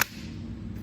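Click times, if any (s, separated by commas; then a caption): 0.0 s. A cordless drill battery pack is slid forward onto the drill's battery mount until it latches, giving one sharp, short click at 0.0 s. The battery is seated, and a low, steady hum continues for the rest of the clip.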